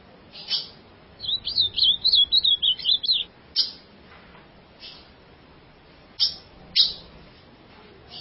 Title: Azulao